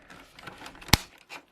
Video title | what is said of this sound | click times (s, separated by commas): Wild Force Isis Megazord Review - Power Rangers Wild Force | And he clicks into place. | 0.9 s